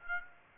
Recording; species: mosquito wingbeat signal from an infrared sensor; Aedes aegypti